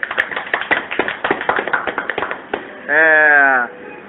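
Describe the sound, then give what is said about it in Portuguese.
A small group in Rio de Janeiro, on 24 February 2012, claps in quick, irregular bursts for about two and a half seconds, then a short sustained vocal whoop or cheer rings out as the applause fades. “Palmas, por favor.”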